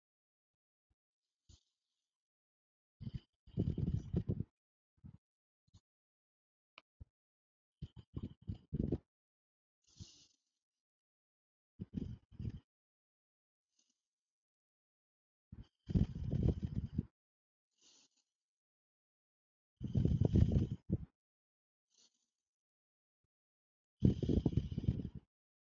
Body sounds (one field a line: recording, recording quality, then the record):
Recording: deep breathing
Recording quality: excellent, no background noise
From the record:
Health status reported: healthy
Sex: female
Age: 22 years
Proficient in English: yes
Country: India